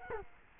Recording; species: mosquito wingbeat signal from an infrared sensor; Culex quinquefasciatus